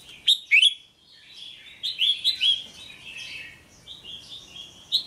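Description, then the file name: Red-whiskered bulbul song: two loud bright whistled notes early on, then a steady run of chattering, twittering phrases with a sharp accent at the end. Song of the 'hót chè' style. "Tieng chao mao hot che"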